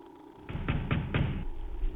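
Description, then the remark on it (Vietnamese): Rapid pounding knocks on a door: about four heavy, booming thuds in quick succession, each blurring into the next, with no voices around them. “Sau một khoảng thời gian chờ đợi ngắn ngủi, tiếng đập cửa dồn dập vang lên.”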